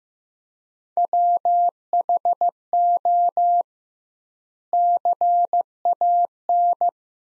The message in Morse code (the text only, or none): WHO CAN